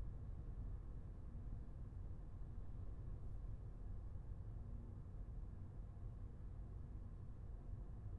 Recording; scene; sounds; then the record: everyday scene through a hearing-aid microphone; in a vehicle; engine, highway driving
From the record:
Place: Skoda Fabia, gasoline engine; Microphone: behind the ear, left, front